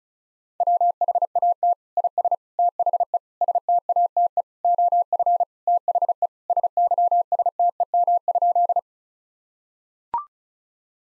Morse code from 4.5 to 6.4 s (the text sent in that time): OF THE